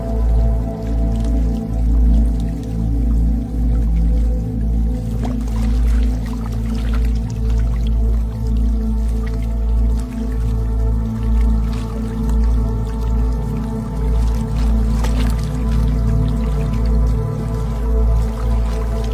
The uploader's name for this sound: 444Hz Calm Water Sounds